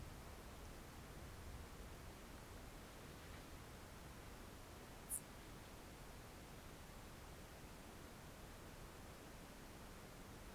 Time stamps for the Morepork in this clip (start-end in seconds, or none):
none